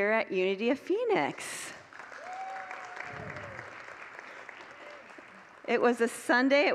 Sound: congregants applaud